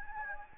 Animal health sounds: mosquito wingbeat signal from an infrared sensor; Anopheles gambiae

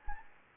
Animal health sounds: mosquito wingbeat signal from an infrared sensor; Anopheles gambiae

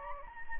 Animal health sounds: mosquito wingbeat signal from an infrared sensor; Anopheles gambiae

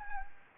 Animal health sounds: mosquito wingbeat signal from an infrared sensor; Anopheles gambiae

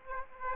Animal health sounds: mosquito wingbeat signal from an infrared sensor; Aedes aegypti

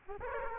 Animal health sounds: mosquito wingbeat signal from an infrared sensor; Aedes aegypti

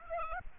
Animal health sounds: mosquito wingbeat signal from an infrared sensor; Aedes albopictus

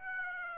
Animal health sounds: mosquito wingbeat signal from an infrared sensor; Aedes aegypti

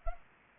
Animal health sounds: mosquito wingbeat signal from an infrared sensor; Culex pipiens

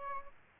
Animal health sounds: mosquito wingbeat signal from an infrared sensor; Aedes albopictus

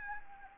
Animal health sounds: mosquito wingbeat signal from an infrared sensor; Anopheles arabiensis

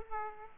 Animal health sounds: mosquito wingbeat signal from an infrared sensor; Aedes aegypti

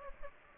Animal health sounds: mosquito wingbeat signal from an infrared sensor; Aedes aegypti

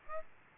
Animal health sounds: mosquito wingbeat signal from an infrared sensor; Aedes albopictus

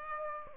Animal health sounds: mosquito wingbeat signal from an infrared sensor; Aedes aegypti

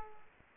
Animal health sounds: mosquito wingbeat signal from an infrared sensor; Culex pipiens

